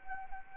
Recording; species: mosquito wingbeat signal from an infrared sensor; Anopheles arabiensis